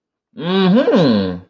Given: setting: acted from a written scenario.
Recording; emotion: vocal sound without words; positive surprise